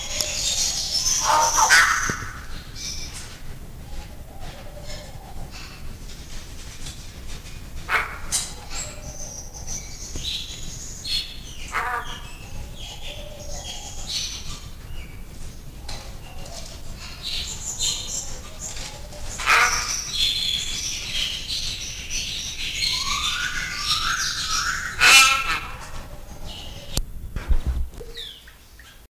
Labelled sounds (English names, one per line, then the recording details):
Yellow-faced Myna call
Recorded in captivity
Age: adult
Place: Zoo Berlin, Berlin, DE
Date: 2002-01-03 10:04
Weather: sunny, -6°C
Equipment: Marantz CP 130, Sennheiser MKH 416, Kopie Uher 4000 Report Monitor
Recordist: Tembrock, Günter